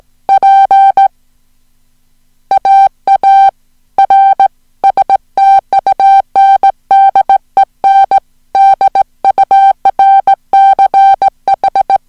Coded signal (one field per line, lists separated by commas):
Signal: Morse code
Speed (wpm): 18 wpm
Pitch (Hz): 780 Hz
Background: music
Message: PAAR STUNDEN DURCH